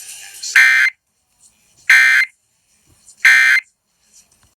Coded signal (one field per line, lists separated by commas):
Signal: Emergency Alert System (SAME) tones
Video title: Pennsylvania Amber Alert on WROZ Live Stream | EAS #492